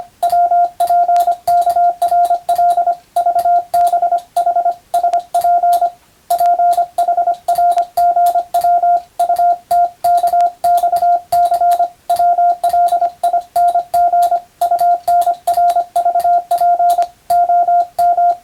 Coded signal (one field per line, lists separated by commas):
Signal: Morse code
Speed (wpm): 25 wpm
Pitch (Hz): 700 Hz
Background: radio noise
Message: WPKRL VBH SP PHRGW UTKXC WLING UNRVP OM